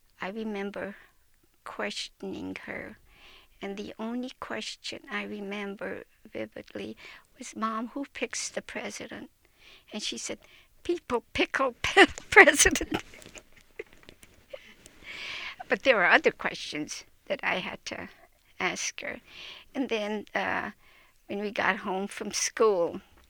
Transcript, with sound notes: I remember questioning her and the only question I remember vividly was, "Mom, who picks the President," and she said, "People pickle President." [Laughs] But there were other questions that I had to ask her. Then when we got home from school,